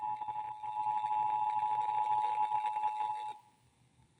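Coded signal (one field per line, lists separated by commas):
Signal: Emergency Alert System (SAME) tones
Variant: 853 and 960 Hz attention tone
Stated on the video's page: Texas Required Monthly EAS Test, as heard on broadcast radio and TV stations.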